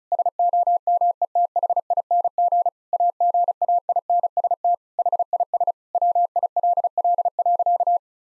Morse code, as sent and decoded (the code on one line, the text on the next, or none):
... --- -- . - .... .. -. --. / .- --. .- .. -. ... - / .... .. ... / .-- .. .-.. .-.. .-.-.-
SOMETHING AGAINST HIS WILL.